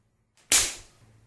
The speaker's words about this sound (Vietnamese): Lại thêm một tiếng, cái tát này tuy rằng không mạnh như ban nãy, nhưng cũng tuyệt đối không nhẹ đi bao nhiêu.